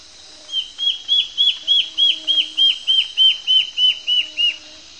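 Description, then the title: Black-faced antbird: a quick, regular string of about fourteen bright, falling whistled notes. Nominate subspecies Myrmoborus myotherinus myotherinus. "LuckyPassaro Completos2Sama. Black-faced Antbird (Myrmoborus myotherinus myotherinus)"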